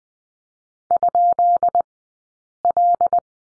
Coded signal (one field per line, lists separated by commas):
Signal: Morse code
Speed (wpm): 20 wpm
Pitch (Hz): 700 Hz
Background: none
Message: ?L